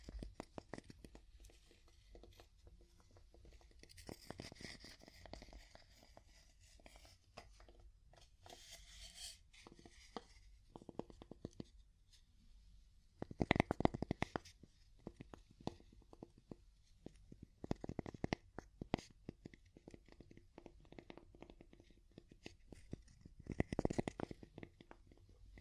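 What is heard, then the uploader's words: Wood is tapped in irregular clusters of sharp clicks, with quiet gaps between and louder bursts near 14, 18 and 24 seconds. ASMR Calming Wood Tapping (No Talking).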